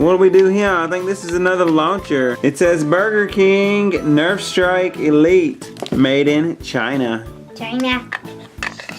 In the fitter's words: we insert it in right here. Did y'all hear it click? Yeah.